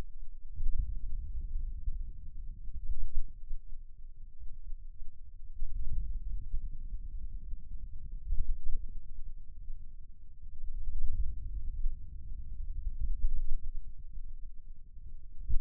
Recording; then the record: forearm muscle sounds (acoustic myography)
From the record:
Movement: hand opening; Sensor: system 2, bracelet of six BSWA MPA416 microphones around the upper forearm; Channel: 2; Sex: male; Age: 22 years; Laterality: right